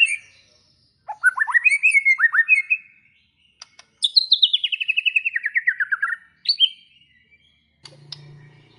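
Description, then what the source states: White-rumped shama giving fast chattering trills, one long sweeping descending rattle, then a brief whistle and a low hum at the end. Lure recording of an actively singing (gacor) white-rumped shama, played to make other shamas respond and sing straight away.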